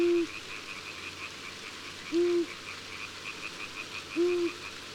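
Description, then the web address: Long-eared owl hooting low and even, three hoots about two seconds apart, with a faint rapid high chirping in the background. Recorded in summer. "jahreslauf sommer waldohreule"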